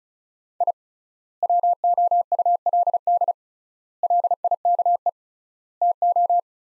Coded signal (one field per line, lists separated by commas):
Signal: Morse code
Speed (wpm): 36 wpm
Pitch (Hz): 700 Hz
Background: none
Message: I WOULD LIKE TO